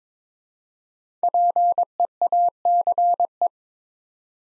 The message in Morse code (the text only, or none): PEACE